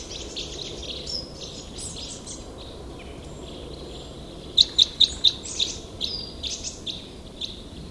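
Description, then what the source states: Red crossbill calls: scattered high chips, then a quick burst of several sharp, high 'kip' notes just after the middle, followed by softer scattered chips over a steady hiss. Recorded 15 November 2014 in the Rusel area.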